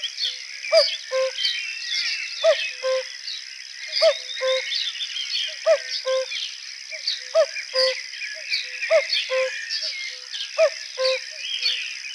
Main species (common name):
Common Cuckoo